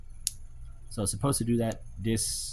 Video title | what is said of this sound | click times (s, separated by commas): Transformers One Orion Pax | If you heard the click, that was this one tabbing into place. | 0.3 s